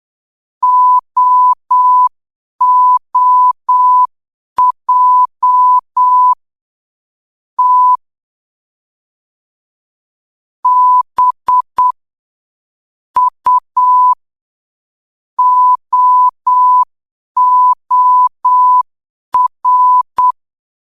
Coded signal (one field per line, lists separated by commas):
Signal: Morse code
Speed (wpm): 8 wpm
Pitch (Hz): 1000 Hz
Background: none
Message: OOJ T B U OOR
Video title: Signal Post | Morse Code for Beginners Level 2.... Part 3 #signalpost